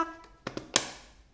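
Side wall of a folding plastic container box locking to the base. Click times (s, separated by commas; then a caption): 0.8 s. Pressing the lower part of a side wall on a mint-colored POTR folding plastic container box, a July 2024 Smart magazine supplement, locks the wall upright onto the base. A fading tone at the start is followed by two light taps at about 0.5 and 0.6 seconds, then a sharp, loud click at 0.8 seconds as the wall seats in place. Another tap comes at the very end.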